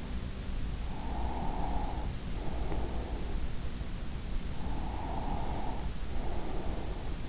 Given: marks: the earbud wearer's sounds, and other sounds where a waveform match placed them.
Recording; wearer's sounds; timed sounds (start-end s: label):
sounds in sleep by an in-ear microphone; breath
0.86-3.40 s: breath
4.53-7.16 s: breath